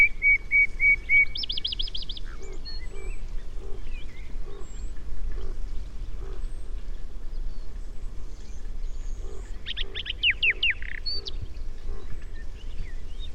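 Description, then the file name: Common nightingale song: a run of repeated piping notes, then a fast buzzy trill, later a burst of rapid rattling notes over steady low rumbling background noise. "Luscinia megarhynchos"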